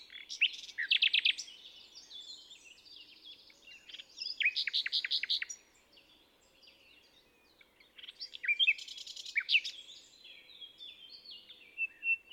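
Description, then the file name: Common nightingale song: three loud bursts of rapid repeated notes and trills, separated by softer varied phrases. "Luscinia megarhynchos"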